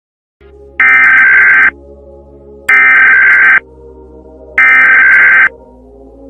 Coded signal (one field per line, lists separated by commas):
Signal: Emergency Alert System (SAME) tones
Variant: header bursts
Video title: UNITED ARAB EMIRATES EAS ALARM 🇦🇪